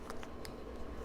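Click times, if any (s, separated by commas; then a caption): none. A fragrance bottle cap is twisted back down onto the bottle neck, making a few faint, short ticks around 0.1, 0.2 and 0.5 seconds over a steady low background hum. The cap is still being handled, and nothing has seated or clicked into place yet.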